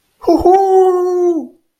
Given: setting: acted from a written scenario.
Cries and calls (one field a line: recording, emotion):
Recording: vocal sound without words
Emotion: triumph